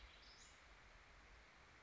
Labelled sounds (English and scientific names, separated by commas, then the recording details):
Western Flycatcher (Empidonax difficilis)
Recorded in Sonoma County, California